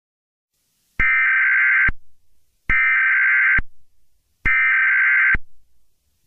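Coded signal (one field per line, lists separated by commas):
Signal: Emergency Alert System (SAME) tones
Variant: header bursts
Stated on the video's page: Fictional horror EAS scenario.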